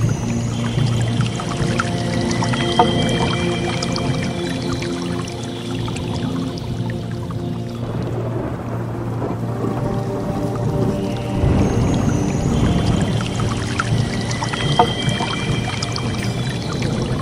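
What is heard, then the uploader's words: Soft water streams steadily beneath sustained, overlapping piano tones; the bright notes thin out around eight seconds before a low swell returns them. Dreamy mixes of Relaxing Piano Music and the soothing sounds of a Soft Water Stream.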